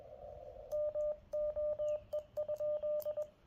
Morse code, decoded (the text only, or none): MOE?